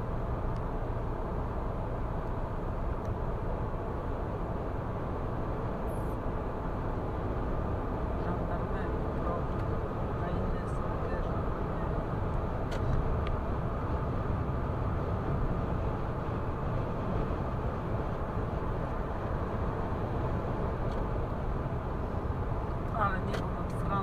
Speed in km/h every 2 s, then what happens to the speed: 105, 106, 110, 114, 118, 121, 124, 124, 120, 115, 114, 112.
0-12 speeds up to 124. 12-24 slows to 112.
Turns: none.